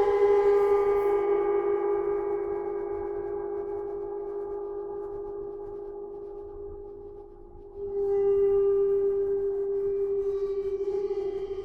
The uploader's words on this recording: Sound Therapy - Gong.